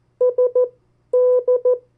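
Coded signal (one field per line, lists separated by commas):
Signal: Morse code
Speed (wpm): 14 wpm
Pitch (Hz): 500 Hz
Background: none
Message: SD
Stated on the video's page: Morse code practice of US state abbreviations at variable speeds.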